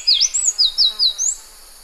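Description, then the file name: Elegant tit calls: a quick run of high, thin whistled notes sweeping up and down, about six in under two seconds, with nothing else heard. "periparus elegans"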